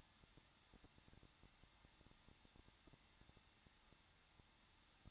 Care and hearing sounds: daily activity, microphone in the room; no activity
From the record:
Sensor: 3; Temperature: 21.2 degrees Celsius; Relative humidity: 36.4%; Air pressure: 1006.3 hPa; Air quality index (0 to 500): 223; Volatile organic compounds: 43 ppm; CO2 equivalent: 3191 ppm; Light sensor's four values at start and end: 2/3/2/2 and 2/3/2/2

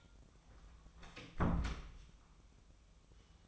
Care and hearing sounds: daily activity, microphone in the room; close door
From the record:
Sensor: 1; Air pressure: 1004.9 hPa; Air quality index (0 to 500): 78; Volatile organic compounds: 2 ppm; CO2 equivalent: 1052 ppm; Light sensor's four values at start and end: 9/23/9/10 and 9/23/9/10

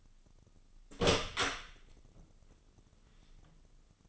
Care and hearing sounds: daily activity, microphone in the room; open door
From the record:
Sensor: 4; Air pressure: 996.9 hPa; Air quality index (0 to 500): 52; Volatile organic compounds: 1 ppm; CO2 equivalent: 878 ppm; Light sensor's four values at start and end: 19/45/18/19 and 19/44/18/18

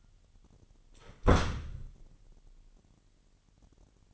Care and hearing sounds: daily activity, microphone in the room; close door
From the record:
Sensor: 4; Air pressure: 999.2 hPa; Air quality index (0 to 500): 116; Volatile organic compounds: 2 ppm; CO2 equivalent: 1140 ppm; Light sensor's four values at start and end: 13/34/13/15 and 13/31/12/14

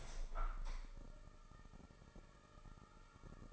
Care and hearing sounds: daily activity, microphone in the room; open window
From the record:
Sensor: 5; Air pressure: 999.9 hPa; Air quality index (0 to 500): 245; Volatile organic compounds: 33 ppm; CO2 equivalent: 3018 ppm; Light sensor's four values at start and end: 34/80/32/31 and 34/80/32/31

